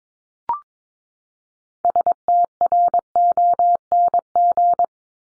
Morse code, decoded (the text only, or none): STRONG